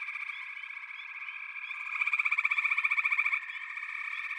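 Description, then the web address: Frogs in chorus, a dense steady trilling with short upward chirps; a louder pulsed trill swells in the middle for about a second and a half, then fades back. "The Natural Sounds of the Wilderness. Echoes of Nature - Frog Chorus"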